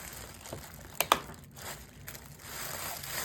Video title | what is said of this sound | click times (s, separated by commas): Building Walker Super 7 Gaming PC - AMD 9700X / B650 /Gigabyte 4070 Ti Super #gamingpcbuild #pcbuild | You'll hear the clicks. | 1.0 s, 1.1 s